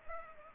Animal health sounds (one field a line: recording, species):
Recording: mosquito wingbeat signal from an infrared sensor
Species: Culex pipiens